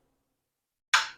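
A rebuilt VVTi component with a fresh seal is pushed back into its bore in the head of a 2JZ engine. After near silence, one sharp, bright click lands at 0.9 s and decays within about a quarter second. The part is seated.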